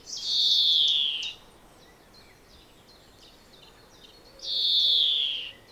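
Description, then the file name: European greenfinch producing two long nasal wheezes, each sliding down in pitch, with a quiet pause between them. "Chloris chloris"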